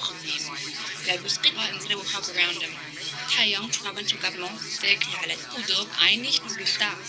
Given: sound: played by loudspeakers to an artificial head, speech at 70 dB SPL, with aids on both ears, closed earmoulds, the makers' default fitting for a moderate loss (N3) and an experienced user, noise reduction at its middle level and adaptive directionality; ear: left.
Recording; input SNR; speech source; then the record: speech test signal (ISTS) in cocktail-party noise; -3 dB; in front (0 degrees)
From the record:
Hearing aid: class 2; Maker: A